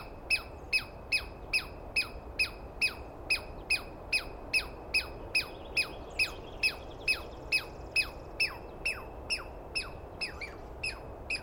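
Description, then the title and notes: Douglas squirrel chattering nonstop, a long even series of around twenty-seven sharp, falling notes at more than two per second, against light background noise. Screaming Douglas Pine Squirrel, one animal, recorded at dawn on 21 April 2017 in the East Cascades, calling for a long while; recordist not fully certain of identification. "On the morning of 21 April, 2017, I set up my microphones and recorder for a nice dawn recording in the East Cascades. I was started awake by a screaming Douglas Pine Squirrel"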